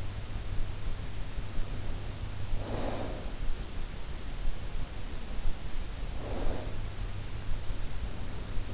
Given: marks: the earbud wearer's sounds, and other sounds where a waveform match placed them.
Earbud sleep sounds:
sounds in sleep by an in-ear microphone; snoring breath
2.54-3.31 s: snoring breath
6.14-6.86 s: snoring breath

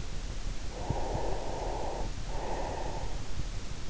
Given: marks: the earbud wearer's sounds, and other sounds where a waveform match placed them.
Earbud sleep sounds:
sounds in sleep by an in-ear microphone; breath
0.98-3.45 s: breath

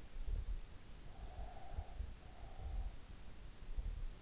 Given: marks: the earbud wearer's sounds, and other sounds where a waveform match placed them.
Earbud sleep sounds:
sounds in sleep by an in-ear microphone; breath
1.17-3.35 s: breath

